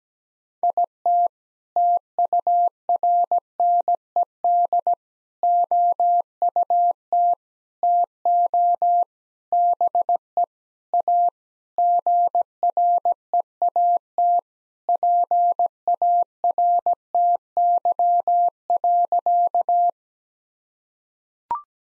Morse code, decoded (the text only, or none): IT TURNED OUT TO BE A GREAT PARTY.